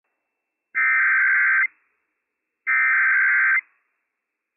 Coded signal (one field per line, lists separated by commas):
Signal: Emergency Alert System (SAME) tones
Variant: header bursts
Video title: Seattle Child Abduction Emergency - WWF56 - EAS #237 - 6:24 AM PDT 5/16/22